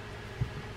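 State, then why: Not seated. During reassembly of a Penn Battle III 4000 spinning fishing reel being serviced, a plastic case piece is handled and pressed onto the reel body. Steady low background noise is broken by a soft, brief low-pitched bump of handling at about 0.4 s. Nothing has seated or snapped into place yet.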